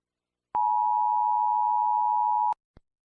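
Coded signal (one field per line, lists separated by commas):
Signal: Emergency Alert System (SAME) tones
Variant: 853 and 960 Hz attention tone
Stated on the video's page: Fictional EAS warning.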